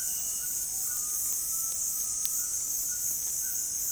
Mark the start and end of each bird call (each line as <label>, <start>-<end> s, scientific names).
Ramphastos tucanus, 0.00-3.91 s
Crypturellus undulatus, 0.86-2.21 s